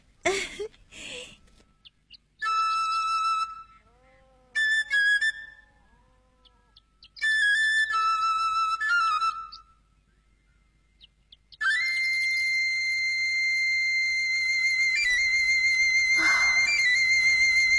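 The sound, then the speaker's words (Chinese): An elderly grandfather who is ill plays an eagle-bone flute: a bright, reedy melody in short phrases separated by pauses, then a long, steady, high sustained note with a slight breathy edge. “哎，不，孩子们，我只要还能喘气，就能吹鹰笛啊！我吹给你们听听。”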